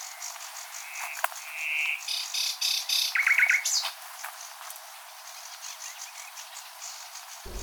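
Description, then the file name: Common nightingale song phrase with a steady whistle, buzzy rattling notes and a quick trill, followed by quieter scattered chirps. "Luscinia megarhynchos"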